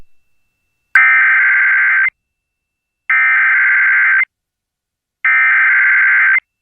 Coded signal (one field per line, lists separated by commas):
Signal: Emergency Alert System (SAME) tones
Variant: header bursts